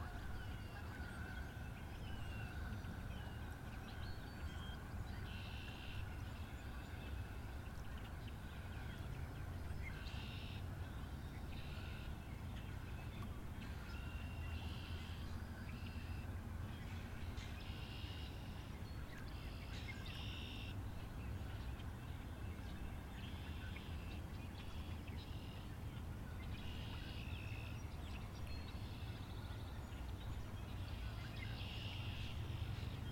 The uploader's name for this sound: Worthington State Forest Campground (Delaware Water Gap)